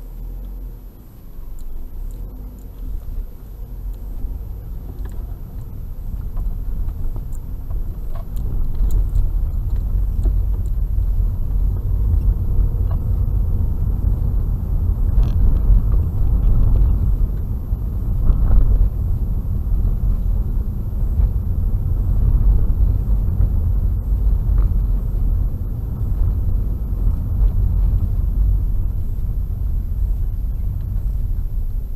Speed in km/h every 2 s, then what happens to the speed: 0, 8, 13, 17, 22, 28, 38, 42, 38, 38, 39, 38, 38, 33, 22, 15.
0-14 pulls away to 42. 14-25 steady at about 38. 25-32 brakes to 15.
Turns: none.